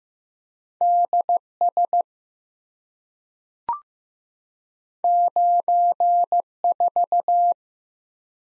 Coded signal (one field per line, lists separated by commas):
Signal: Morse code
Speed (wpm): 15 wpm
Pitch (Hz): 700 Hz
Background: none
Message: DS 94